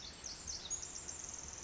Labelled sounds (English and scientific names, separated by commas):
Pacific Wren (Troglodytes pacificus)